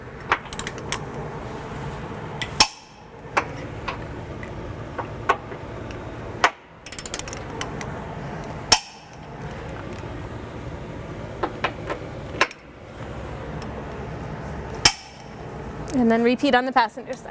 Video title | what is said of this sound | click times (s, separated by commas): 2017 Acura MDX Trailer Hitch Install | You're just going to go to hear that nice click. | 2.6 s, 8.7 s, 14.9 s